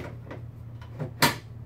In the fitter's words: nice click nice hard snap and